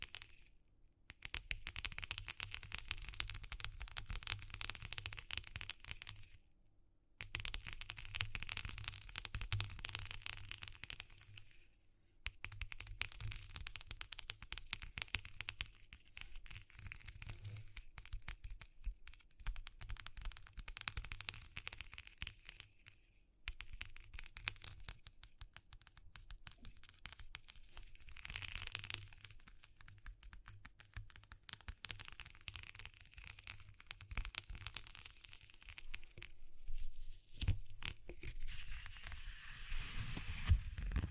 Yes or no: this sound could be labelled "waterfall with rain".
no